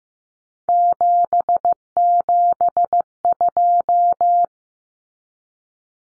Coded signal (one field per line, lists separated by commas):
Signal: Morse code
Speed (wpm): 15 wpm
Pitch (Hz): 700 Hz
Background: none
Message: 772